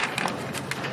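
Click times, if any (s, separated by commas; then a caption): 0.7 s. A push-button wheel spindle is slid into the hole in the metal frame of a Rocwood 3000 PSI 7HP petrol pressure jet washer. Several short taps and scrapes are heard, and a sharp click at 0.7 s marks the button clicking into place on both sides. The spindle is seated in the frame.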